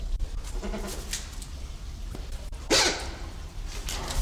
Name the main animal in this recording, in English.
Silvery-cheeked Hornbill